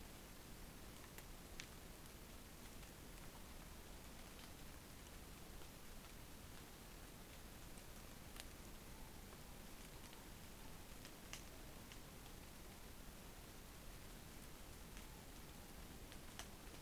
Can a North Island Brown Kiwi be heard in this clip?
no